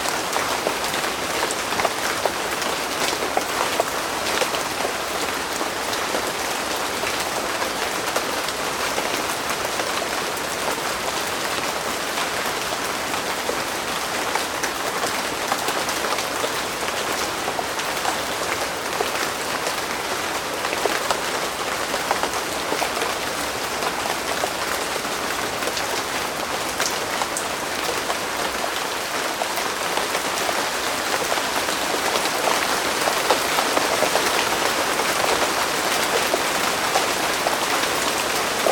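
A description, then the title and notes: Heavy jungle rain pours down in a steady, dense hiss of countless drops, bright and constant, with little low rumble throughout. Rain in the Jungle: Relaxing Nature Sounds. The sound of a heavy rain in the jungle.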